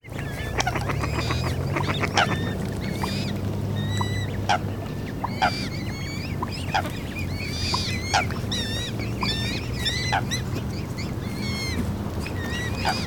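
Young swans giving many thin whistled peeps in a chorus, over a steady low rumble.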